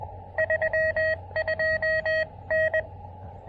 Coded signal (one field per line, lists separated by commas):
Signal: Morse code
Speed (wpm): 20 wpm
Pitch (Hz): 590 Hz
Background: none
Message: 32N